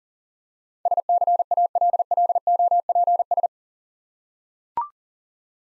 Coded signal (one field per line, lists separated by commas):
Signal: Morse code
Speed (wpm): 40 wpm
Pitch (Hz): 700 Hz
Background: none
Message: SCALLOPS